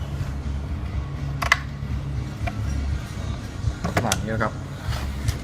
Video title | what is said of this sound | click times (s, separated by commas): ตัดสปริง scheppach | นี่จะเข้าล็อคแล้วนะครับ | 1.5 s